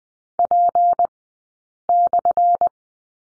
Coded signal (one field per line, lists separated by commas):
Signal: Morse code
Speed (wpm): 20 wpm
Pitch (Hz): 700 Hz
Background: none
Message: P/